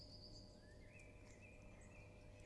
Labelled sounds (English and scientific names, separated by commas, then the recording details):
Great Spotted Woodpecker (Dendrocopos major)
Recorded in Germany
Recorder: ecoPi